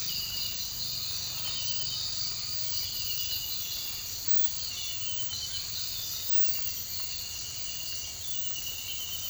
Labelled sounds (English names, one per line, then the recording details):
none
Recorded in pastures near Puerto Asís, Putumayo, Colombia, on 8 March 2025 at 06:00
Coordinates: 0.472, -76.329
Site G074